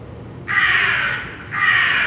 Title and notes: Saint-Gilles, Belgique - Crows - corneilles. corbeaux corneilles